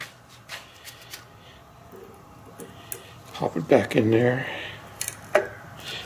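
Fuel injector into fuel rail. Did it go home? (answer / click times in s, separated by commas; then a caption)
yes / 5.4 s. A Nissan fuel injector, its O-ring lubricated with vaseline, is pushed back into its port in the fuel rail while someone talks. Several sharp knocks and ticks come through before the injector seats with a distinct pop at about 5.4 seconds.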